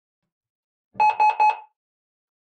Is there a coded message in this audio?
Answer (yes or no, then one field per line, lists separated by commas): no